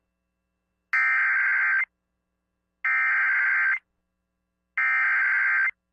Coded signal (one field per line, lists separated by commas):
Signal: Emergency Alert System (SAME) tones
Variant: header bursts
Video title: SoCal IS FINALLY GETTING RAIN PART 2... EAS Alerts from 10/14/25 (EAS #6,341 - 6,379)